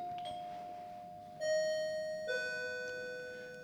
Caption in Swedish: Det är svårt att höra ibland när man är inne och är hemma. Då är det skönt att ta av sig hörapparaten. Och då hör man inte alltid att det ringer på dörren. Den förstärkningen. Bellman heter den, så att den känner av. Klockan där uppe och så ökar den volymen och så kommer den. Sen lyser den starkt också för den som behöver det.